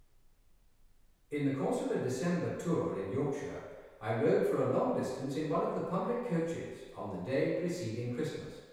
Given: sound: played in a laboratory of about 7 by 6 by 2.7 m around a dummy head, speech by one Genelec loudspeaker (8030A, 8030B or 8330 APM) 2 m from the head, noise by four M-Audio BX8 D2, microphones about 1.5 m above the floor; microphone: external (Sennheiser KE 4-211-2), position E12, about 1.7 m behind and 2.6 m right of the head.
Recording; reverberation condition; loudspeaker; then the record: male speech in English; high; 30 degrees to the left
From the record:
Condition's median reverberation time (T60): about 1300 ms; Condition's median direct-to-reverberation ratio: about -4.0 dB